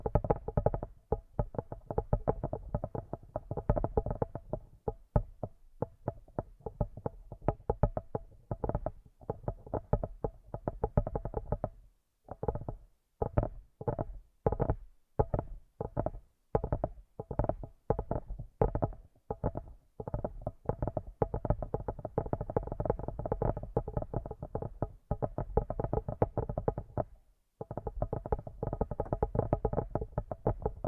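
Headphones used as a microphone pick up rapid, dense rubbing and tapping massage sounds, low and muffled, with brief pauses near twelve and twenty-seven seconds.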